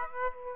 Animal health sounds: mosquito wingbeat signal from an infrared sensor; Aedes aegypti

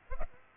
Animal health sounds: mosquito wingbeat signal from an infrared sensor; Aedes aegypti

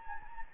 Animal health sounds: mosquito wingbeat signal from an infrared sensor; Anopheles gambiae

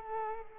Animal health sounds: mosquito wingbeat signal from an infrared sensor; Culex quinquefasciatus

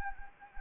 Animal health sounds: mosquito wingbeat signal from an infrared sensor; Anopheles gambiae

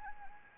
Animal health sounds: mosquito wingbeat signal from an infrared sensor; Anopheles arabiensis

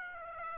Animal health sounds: mosquito wingbeat signal from an infrared sensor; Aedes aegypti

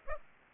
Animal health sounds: mosquito wingbeat signal from an infrared sensor; Aedes aegypti

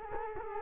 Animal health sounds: mosquito wingbeat signal from an infrared sensor; Culex quinquefasciatus

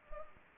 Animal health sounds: mosquito wingbeat signal from an infrared sensor; Anopheles arabiensis

